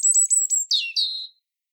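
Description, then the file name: European robin giving thin, very high notes in a quick stuttering series, then two sliding, slightly lower phrases. The rest is quiet. "Erithacus rubecula"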